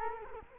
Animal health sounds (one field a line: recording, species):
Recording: mosquito wingbeat signal from an infrared sensor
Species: Culex quinquefasciatus